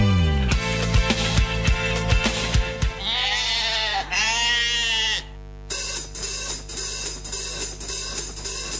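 Several wavering, nasal sheep bleats rise and fall over a steady musical backing, with sharp percussive hits at the start and a busier rhythmic section toward the end.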